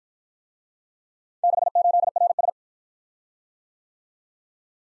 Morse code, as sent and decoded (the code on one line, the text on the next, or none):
-.... ---.. .-. ...
68RS